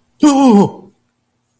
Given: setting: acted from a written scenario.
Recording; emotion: vocal sound without words; fear